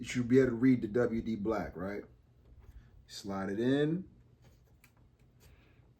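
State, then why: Seated. A WD Black SN850P 2TB NVMe SSD with a heatsink is slid at an angle into the M.2 expansion slot of a PS5. Someone talks first, then a small click at 4.8 s marks the drive seating in the slot. The drive then has to be held down for the screw, or it will pop back up.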